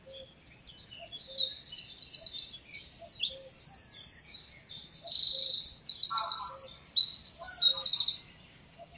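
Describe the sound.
Eurasian wren singing one long, loud phrase of high, rattling trills and sharp notes for about eight seconds, soft low notes repeating faintly behind.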